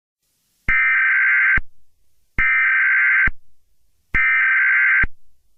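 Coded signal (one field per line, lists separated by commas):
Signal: Emergency Alert System (SAME) tones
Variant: header bursts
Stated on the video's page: Fictional EAS scenario.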